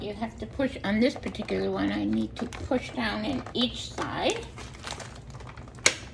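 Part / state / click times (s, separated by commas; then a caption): lid latches of a countertop vacuum sealer closing over a bag / seated / 4.9 s, 5.9 s. Someone talks while pressing down on each side of the plastic lid of a countertop vacuum sealer, with the open end of the bag in the groove. The lid latches snap locked with clicks at 4.9 s and 5.9 s, the second one loud and sharp, and the lid is seated.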